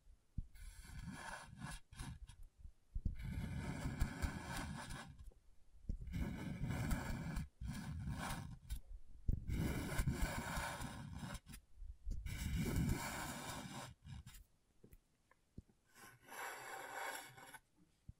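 Scratching on a scratchboard comes in bursts of rough, grating scraping, each lasting a second or two up to several seconds, separated by brief silences. The strokes are dense and gritty, heavy in the low end with a hissy top, and uneven in loudness.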